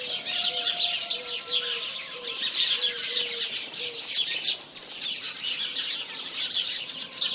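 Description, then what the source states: Bird chorus of busy high chirping and trills, with a lower bird adding a series of short, clear whistled notes beneath the chatter during the first four seconds. Birds singing in the morning.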